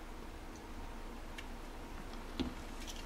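A steel pin is pushed flush from the other side of a Glock 17's polymer frame at the slide stop lever, over a steady low background hiss. A light tick comes at about 1.4 s, then a faint, small snap at 2.4 s as the pin seats flush in the frame.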